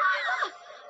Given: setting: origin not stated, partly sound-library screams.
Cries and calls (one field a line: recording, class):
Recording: one-second piece from a danger detection set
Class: woman in danger